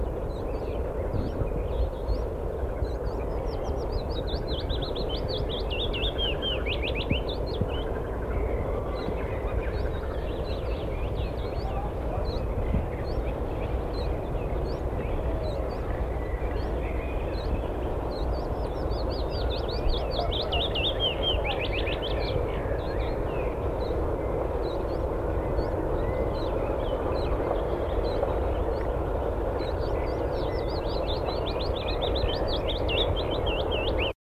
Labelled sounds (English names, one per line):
Willow Warbler song